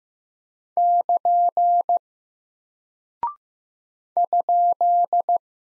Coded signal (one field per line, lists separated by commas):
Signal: Morse code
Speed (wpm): 15 wpm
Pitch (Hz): 700 Hz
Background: none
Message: <KN> ?